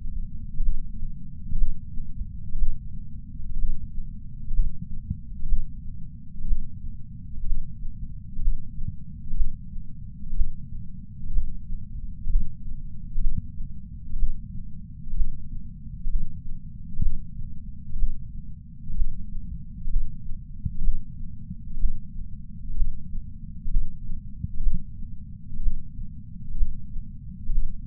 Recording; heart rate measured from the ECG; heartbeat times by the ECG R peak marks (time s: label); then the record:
heart sounds by patch sensor on the chest; 62 bpm
0.62 s: heartbeat
1.57 s: heartbeat
2.57 s: heartbeat
3.58 s: heartbeat
4.53 s: heartbeat
5.48 s: heartbeat
6.47 s: heartbeat
7.46 s: heartbeat
8.41 s: heartbeat
9.36 s: heartbeat
10.35 s: heartbeat
11.32 s: heartbeat
12.29 s: heartbeat
13.20 s: heartbeat
14.18 s: heartbeat
15.16 s: heartbeat
16.09 s: heartbeat
17.01 s: heartbeat
17.98 s: heartbeat
18.96 s: heartbeat
19.89 s: heartbeat
20.83 s: heartbeat
21.79 s: heartbeat
22.76 s: heartbeat
23.70 s: heartbeat
24.62 s: heartbeat
25.62 s: heartbeat
26.57 s: heartbeat
27.52 s: heartbeat
From the record:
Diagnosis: coronary artery disease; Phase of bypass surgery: preoperative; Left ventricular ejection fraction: 60.1%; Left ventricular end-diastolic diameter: 44 mm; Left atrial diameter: 36 mm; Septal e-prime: 5.8 cm/s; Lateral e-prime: 7 cm/s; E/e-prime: 8.9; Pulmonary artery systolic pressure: 24 mmHg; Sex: male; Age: 73 years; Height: 168 cm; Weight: 62 kg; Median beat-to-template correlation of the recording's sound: 0.94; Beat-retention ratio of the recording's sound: 0.98